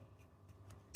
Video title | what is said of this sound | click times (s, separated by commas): We Built a 90s Bagged Mini Truck! 🤘🏻 - Custom RC Lowrider | they both click into place like so, and | 0.9 s